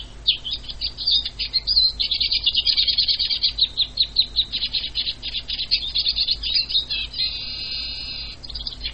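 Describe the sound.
Eurasian siskin song: a long, rapid, high twittering chatter of mixed trills and chirps, ending in a drawn-out wheezy buzz before a few final notes.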